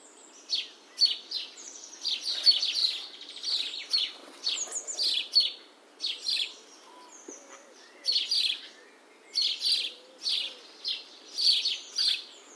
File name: Passer domesticus